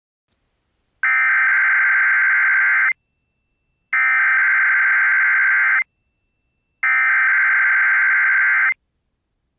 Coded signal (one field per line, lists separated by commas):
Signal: Emergency Alert System (SAME) tones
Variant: header bursts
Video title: GET "PIPE"D UP! | EAS Tests from 4/26/23 (EAS #1848-1856)